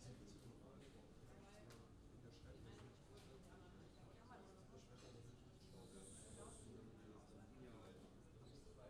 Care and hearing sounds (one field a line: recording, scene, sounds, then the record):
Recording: everyday scene through a hearing-aid microphone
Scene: many people talking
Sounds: many voices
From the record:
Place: university cafeteria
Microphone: in the ear canal, left